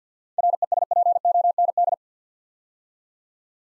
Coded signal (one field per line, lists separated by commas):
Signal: Morse code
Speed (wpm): 46 wpm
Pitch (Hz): 700 Hz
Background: none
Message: RESPOND